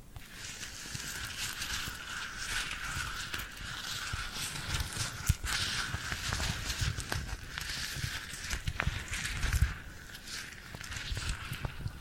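Sticky, glued hands make a dense, continuous crackling and peeling texture that stays fairly even for the whole twelve seconds. Sharp little clicks and taps pop out frequently, with soft low thumps underneath and a bright, hissy sheen over everything.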